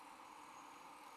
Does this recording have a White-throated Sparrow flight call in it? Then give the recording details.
no. No flight call is heard. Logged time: 11:46 on 21 December 2014